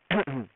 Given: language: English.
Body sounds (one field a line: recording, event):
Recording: throat vibration sensor signal played as sound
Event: throat clearing